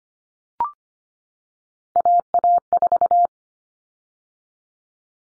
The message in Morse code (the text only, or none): AA4